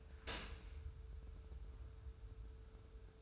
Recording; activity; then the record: daily activity, microphone in the room; open dishwasher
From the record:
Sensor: 2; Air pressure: 1014.8 hPa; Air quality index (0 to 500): 25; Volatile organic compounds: 0 ppm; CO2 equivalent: 504 ppm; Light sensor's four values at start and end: 9/22/9/9 and 9/22/9/9